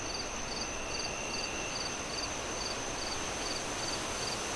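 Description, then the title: Cricket with quick, evenly spaced high chirps, about two and a half a second, over a broad hiss of wind. Crickets on a windy night, wind howling through trees. "Relaxing Crickets Sounds On A Windy Night"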